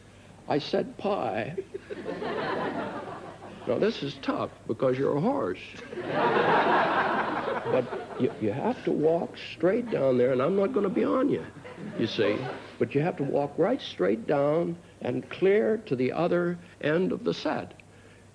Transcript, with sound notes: I said, Pie...
(LAUGHTER)
Now, this is tough because you're horse.
(LAUGHTER)
But you have to walk straight down there, and I'm not going to be on you, you see. But you have to walk right straight down and clear to the other end of the set.